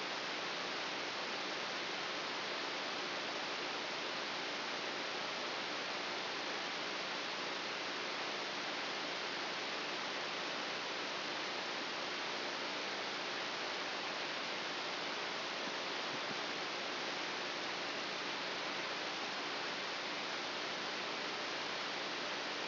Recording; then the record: brain microelectrode recording played as sound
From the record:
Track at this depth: outside the subthalamic nucleus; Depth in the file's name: 5.001 mm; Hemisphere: right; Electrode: 3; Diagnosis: Parkinson's disease